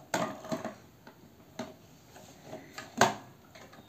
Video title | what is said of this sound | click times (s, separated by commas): Philips 750 Watt Mixer Grinder with Food Processor Jar - HL7707/01 #unboxing #mixergrinder #mixi | இப்ப lock ஆயிடுச்சு இப்ப handle வந்து என் right side இருக்கும் | 3.0 s